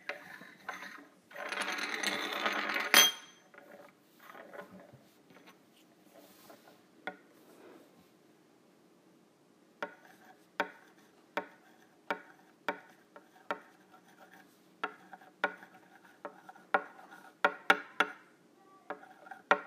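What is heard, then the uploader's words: Metal straws rattle and scrape in a dense burst early on, then settle into a quiet stretch followed by regular sharp clicks and taps. ASMR Using Metal Straws.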